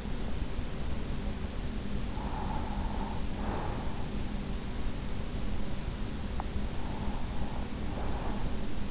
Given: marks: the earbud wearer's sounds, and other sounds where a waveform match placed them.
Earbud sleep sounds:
sounds in sleep by an in-ear microphone; breath
1.79-4.25 s: breath
6.48-8.90 s: breath

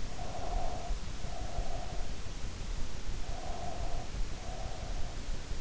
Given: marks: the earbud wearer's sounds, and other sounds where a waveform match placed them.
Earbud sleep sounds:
sounds in sleep by an in-ear microphone; breath
0.00-2.13 s: breath
3.00-5.07 s: breath

